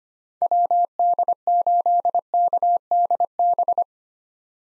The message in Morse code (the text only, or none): WD8KDB